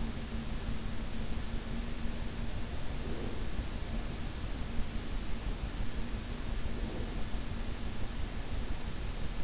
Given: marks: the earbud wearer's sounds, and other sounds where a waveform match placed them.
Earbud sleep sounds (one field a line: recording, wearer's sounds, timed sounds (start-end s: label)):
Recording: sounds in sleep by an in-ear microphone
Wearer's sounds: breath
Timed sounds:
2.85-3.50 s: breath
6.70-7.15 s: breath